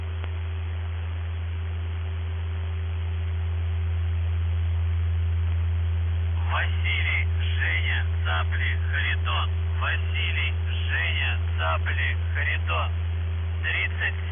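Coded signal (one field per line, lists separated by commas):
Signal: numbers station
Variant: UVB-76 voice message, Russian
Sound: steady low buzz-hum, then a voice reads a callsign, code word and number groups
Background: radio static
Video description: Callsign: VZhTsKh (ВЖЦХ) Message text: 37 623 VYChISTKA (ВЫЧИСТКА) 87 62 98 84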